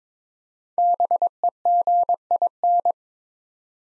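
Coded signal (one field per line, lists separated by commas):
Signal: Morse code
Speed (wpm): 21 wpm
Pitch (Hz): 700 Hz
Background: none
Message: BEGIN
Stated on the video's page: Morse practice of 5-letter words at 22 wpm, each word sent twice for head-copy training.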